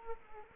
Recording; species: mosquito wingbeat signal from an infrared sensor; Culex quinquefasciatus